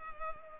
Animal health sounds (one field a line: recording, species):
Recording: mosquito wingbeat signal from an infrared sensor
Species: Culex pipiens